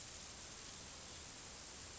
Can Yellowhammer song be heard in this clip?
no